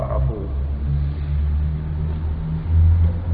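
A car goes by with a low, steady engine rumble that swells louder near the end, with no voices over it.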